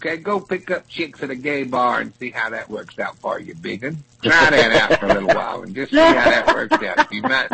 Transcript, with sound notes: Go pick up chicks at a gay bar and see how that works out for you, big’un. [laughs] Try that out for a little while and just see how that works out.